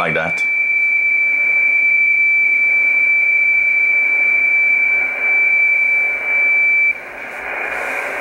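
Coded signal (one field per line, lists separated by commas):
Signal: PSK31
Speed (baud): 31.25 baud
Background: speech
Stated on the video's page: Ham BPSK31 signals.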